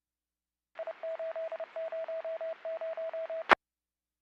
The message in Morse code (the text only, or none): I800E